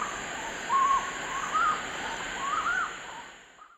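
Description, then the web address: Collared puffbird song: a few short mid-pitched notes spaced irregularly, over a steady high hiss that fades at the end. Eastern lowlands of South America. "Natures Songs S America Eastern Lowlands. Collared Puffbird"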